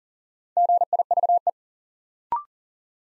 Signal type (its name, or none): Morse code